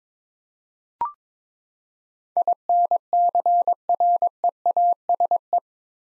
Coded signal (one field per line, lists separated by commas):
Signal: Morse code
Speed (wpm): 22 wpm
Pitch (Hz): 700 Hz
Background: none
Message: INCREASE